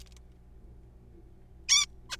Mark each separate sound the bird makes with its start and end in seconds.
1.69-1.86, 2.10-2.17